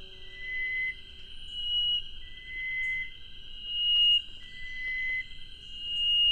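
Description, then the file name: Chestnut-breasted wren singing slow, pure sustained whistles that alternate between two pitches, a low note then a higher one, repeated evenly. "cyphorhinus thoracicus"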